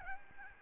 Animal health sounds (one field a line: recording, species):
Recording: mosquito wingbeat signal from an infrared sensor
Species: Aedes albopictus